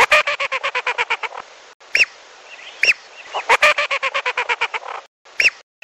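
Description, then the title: Lesser whistling duck: a quick twittering run of whistles, then isolated rising-falling whistles, another fast series, and a final lone whistle. "Belibis Batu"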